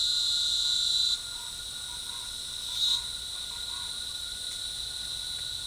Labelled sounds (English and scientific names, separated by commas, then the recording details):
Chestnut-winged Chachalaca (Ortalis garrula)
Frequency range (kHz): Chestnut-winged Chachalaca (Ortalis garrula) 0.7-1.3 kHz
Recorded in forest near Pivijay, Magdalena, Colombia, on 15 April 2023 at 07:30
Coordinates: 10.467, -74.380
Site Z5-G034